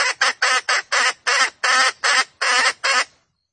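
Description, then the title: Junglefowl cackling: a run of harsh, squawking notes in a loose rhythm, then silence. Female junglefowl; the call is used as a lure recording to attract birds. "Pancingan Ayam Hutan Betina. Suara Ayam Hutan Betina"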